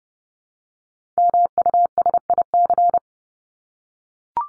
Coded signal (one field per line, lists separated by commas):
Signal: Morse code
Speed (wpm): 30 wpm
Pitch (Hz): 700 Hz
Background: none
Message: MUSIC